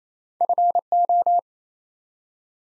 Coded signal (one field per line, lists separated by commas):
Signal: Morse code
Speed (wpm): 28 wpm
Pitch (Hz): 700 Hz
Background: none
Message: FO